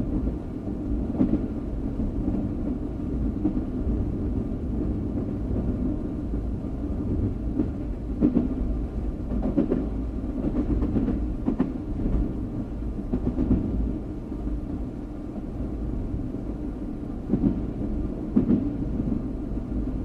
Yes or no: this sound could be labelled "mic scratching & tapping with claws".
no